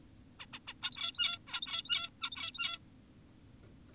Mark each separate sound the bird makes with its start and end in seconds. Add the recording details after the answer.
0.40-0.46, 0.53-0.59, 0.68-0.74, 0.82-1.38, 1.48-2.10, 2.22-2.79. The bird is an adult. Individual g17y2U